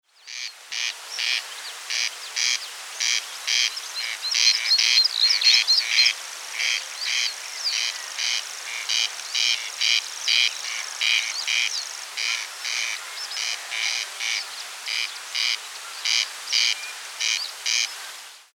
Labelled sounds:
Corn Crake (Crex crex)
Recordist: Tembrock, Günter
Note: Rufe

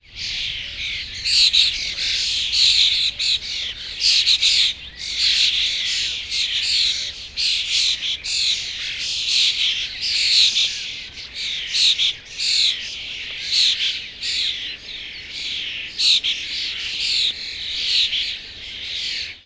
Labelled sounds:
European Starling (Sturnus vulgaris) call
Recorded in the wild
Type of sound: call
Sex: diverse
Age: juvenile
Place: Hobrechtsfelder Rieselfelder, Naturpark Barnim, Berlin, DE
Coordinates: 52.66, 13.4767
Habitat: open landscape
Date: 2012-05-28
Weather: 20°C, sunny, almost windless
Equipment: Sound Devices 702, Sennheiser MKH 70, Rycote Windschutz
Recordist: Frommolt, Karl-Heinz
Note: Rufe von Jungstaren im Baum umherfliegend

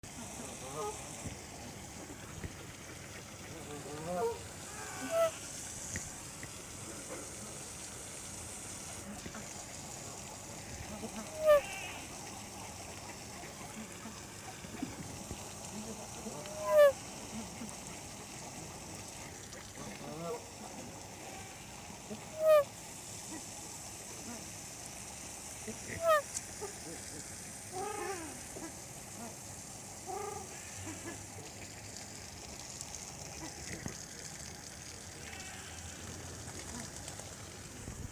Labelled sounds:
Hawaiian Goose (Branta sandvicensis) call
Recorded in captivity
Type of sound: call
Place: Zoo Halle, Sachsen-Anhalt, DE
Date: 2004-12-14 13:40
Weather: sunny, 2°C
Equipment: Sony WM-D6C, Sennheiser ME 80, Kopie Uher 4000 Report Monitor
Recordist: Tembrock, Günter
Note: Kurzlaute, auf Beobachter bezogen (Entfernung 10 cm)

